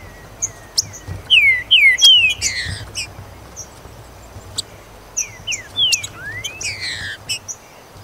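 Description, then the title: Green-winged saltator giving a pair of loud falling whistles near 1.5 seconds, buzzy notes after, then another whistled phrase and rising slur around six seconds. "Trinca Ferro"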